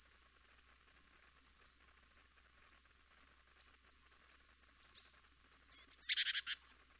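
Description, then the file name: Great tit calls: faint thin high notes for several seconds, ending in a louder sharp note and a short buzzy churring rattle. "Parus major"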